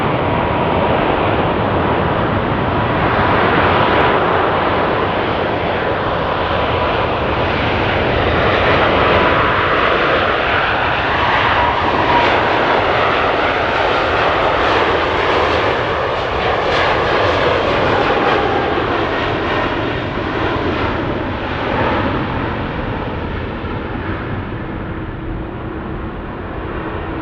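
An airplane takes off with a dense, continuous engine roar that fills the whole recording. The sound builds and brightens toward a peak about halfway through, then eases slightly and fades a little near the end as the aircraft moves away.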